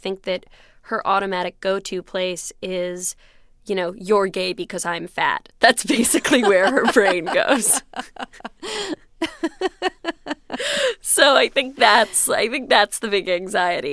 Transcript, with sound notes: I mean, I think that her automatic go to place is, you know, you're gay because I'm fat. That's basically where her brain goes.
(LAUGHTER)
So I think that's, I think that's the big anxiety,